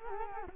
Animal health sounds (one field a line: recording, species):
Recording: mosquito wingbeat signal from an infrared sensor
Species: Culex quinquefasciatus